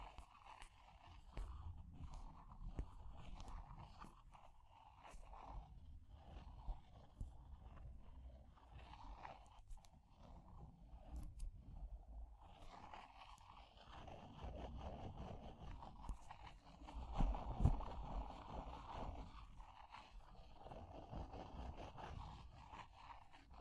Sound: Fire Crackling, Tapping, Scratching